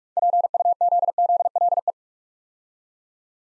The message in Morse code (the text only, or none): PUZZLE